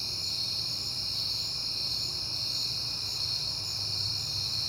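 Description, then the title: Crickets chirping in a dense, continuous high-pitched chorus, steady throughout, with a faint low rumble beneath. Crickets, heard often lately, recorded on a peaceful night in September. "Night Time: Crickets and Passing Cars"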